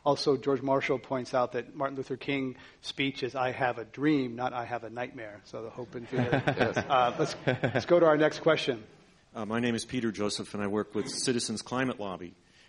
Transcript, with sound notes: Also, George Marshall points out that Martin Luther King's speech is "I have a dream" not "I have a nightmare," so the hope is built into this. [laughter] Let's go to our next question.
My name is Peter Joseph and I work with Citizens' Climate lobby.